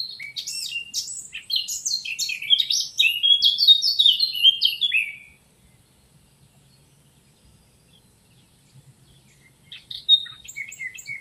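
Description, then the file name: Eurasian blackcap song, a fast, rich warbling burst for five seconds, then silence before a brief new phrase starts. "Sylvia atricapilla"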